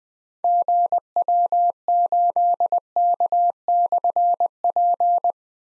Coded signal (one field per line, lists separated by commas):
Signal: Morse code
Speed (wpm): 21 wpm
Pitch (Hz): 700 Hz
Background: none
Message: GW8K/P